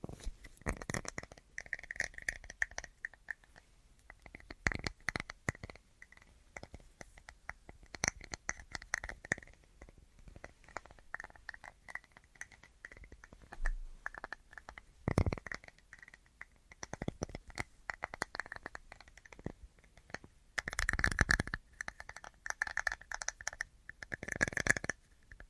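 An assortment of tapping sounds, quick irregular clicks and taps scattered densely across the whole clip with a bright, scratchy edge. Louder clusters stand out near 5, 15 and 21 seconds, the last a sustained rough burst. Softer shuffling and rubbing fill the gaps.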